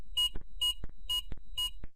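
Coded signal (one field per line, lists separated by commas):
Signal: beep code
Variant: DigiTrak F2 locating receiver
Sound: four short high-pitched electronic beeps, evenly spaced, with soft clicks between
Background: handling clicks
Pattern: 4 short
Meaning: Confirms the height-above-ground value was accepted and HAG turned on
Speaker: to accept the value hold in the trigger for a second you will hear the confirmation signal for short beeps and the check mark will appear next to the setting to indicate the hag has been successfully turned on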